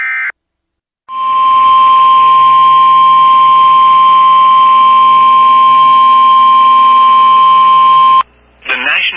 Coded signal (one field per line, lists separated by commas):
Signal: Emergency Alert System (SAME) tones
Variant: 1050 Hz attention tone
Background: speech